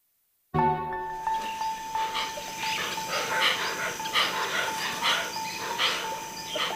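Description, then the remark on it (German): A hoatzin, a very primitive bird about the size of a turkey, gives a rasping, wheezing call. It is a string of harsh, breathy bursts repeating every half second or so at steady loudness, with a thin, high tone running underneath. “Tag, glaube ich, habe ich dann plötzlich ein Geräusch gehört, das mir auch von Panguana her sehr bekannt war, und zwar das schnarrende Keuchen eines Huatzings.”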